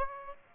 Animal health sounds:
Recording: mosquito wingbeat signal from an infrared sensor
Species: Aedes aegypti

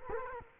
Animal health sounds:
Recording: mosquito wingbeat signal from an infrared sensor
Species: Culex quinquefasciatus

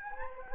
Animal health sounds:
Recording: mosquito wingbeat signal from an infrared sensor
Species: Anopheles gambiae

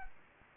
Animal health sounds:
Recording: mosquito wingbeat signal from an infrared sensor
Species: Anopheles gambiae

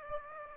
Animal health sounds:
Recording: mosquito wingbeat signal from an infrared sensor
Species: Aedes aegypti

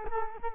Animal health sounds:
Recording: mosquito wingbeat signal from an infrared sensor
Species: Culex quinquefasciatus

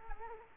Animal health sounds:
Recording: mosquito wingbeat signal from an infrared sensor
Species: Culex quinquefasciatus

